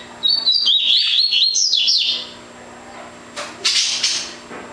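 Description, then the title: Double-collared seedeater song: a rapid twittering phrase of high, warbled notes for about two seconds, followed by a pause and a brief burst of high notes. "Canto Coleiro"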